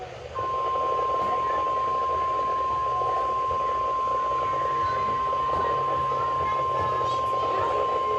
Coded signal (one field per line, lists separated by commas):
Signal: Emergency Alert System (SAME) tones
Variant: 1050 Hz attention tone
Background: speech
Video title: EAS Alerts 8157-8159 At Camp From 08/06/25